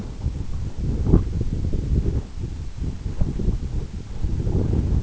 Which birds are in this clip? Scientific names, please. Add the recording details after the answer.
none. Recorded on Arctic tundra, site EABA-1, on 26 June 2018. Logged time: 00:00